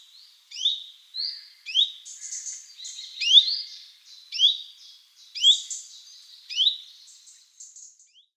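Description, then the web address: Common chiffchaff calls, rising upslurred whistles repeated about once a second, overlapping other high chirps and twittering notes in a busy stretch. "Schulze Peter Common Chiffchaff calls"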